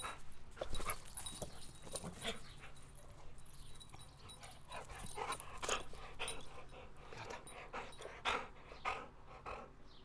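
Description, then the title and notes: Dog playing, with bursts of panting, a steady low hum underneath, and scraping and knocking noises throughout. Domestic dog playing with its favourite ball during idle moments in summer. "Perro Jugando. Momentos muertos en verano para jugar con el perro y su pelota preferida"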